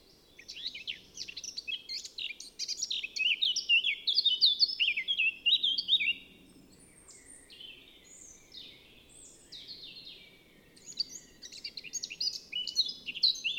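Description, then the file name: Eurasian blackcap delivering fast, varied warbling with clear whistled phrases, fading quieter midway, then rising again near the end, with faint low background noise. "Sylvia atricapilla"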